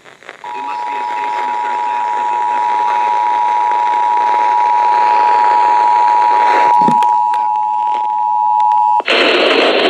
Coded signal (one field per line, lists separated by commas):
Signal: Emergency Alert System (SAME) tones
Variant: 853 and 960 Hz attention tone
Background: speech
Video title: Shasta's RMT (EAS #3468-3484)